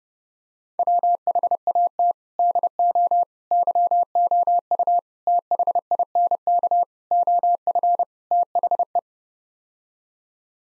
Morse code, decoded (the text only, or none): WHAT DO YOU THINK OF THE